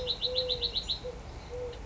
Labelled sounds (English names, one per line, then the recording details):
Eurasian Collared Dove
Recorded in Sonoma County, California